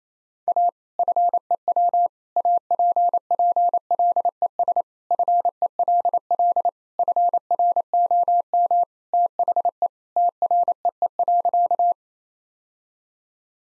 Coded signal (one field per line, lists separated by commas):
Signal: Morse code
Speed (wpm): 27 wpm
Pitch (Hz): 700 Hz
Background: none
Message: A FEW APPLES FELL FROM THE TREE.